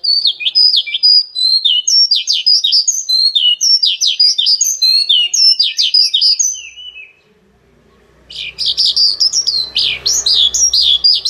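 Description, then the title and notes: Bird song, quick bright chirps and downslurred whistles for about seven seconds, a short pause, then busier chattering with some low rumble beneath. Birdsong recording used to train (master) pet birds. "Suara Burung. Suara Kicauan Burung untuk memaster burung kesayangan"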